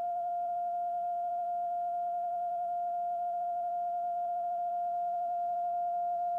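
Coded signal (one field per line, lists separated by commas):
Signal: radio time signal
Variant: TDF Allouis carrier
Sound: a continuous steady beat tone of about 700 Hz under faint hiss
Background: radio static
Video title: Time Signal Allouis France 162 Long Wave CW Received In Romford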